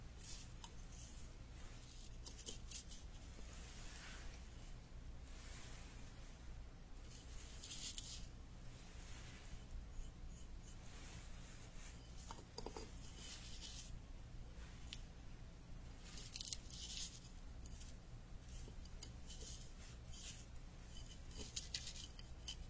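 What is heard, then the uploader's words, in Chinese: Traditional Chinese medicine being prepared, with herbs pounded and ground in a steady rhythm of scraping, rubbing strokes. Bright gritty bursts recur every second or so, over a constant low hum, with a sharper knock near thirteen seconds. 中医配药、捣药触发音。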